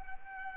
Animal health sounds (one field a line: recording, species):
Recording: mosquito wingbeat signal from an infrared sensor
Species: Anopheles arabiensis